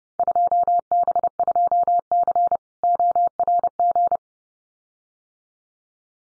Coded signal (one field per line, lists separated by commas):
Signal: Morse code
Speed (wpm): 30 wpm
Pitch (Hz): 700 Hz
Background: none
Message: 2B2C ORG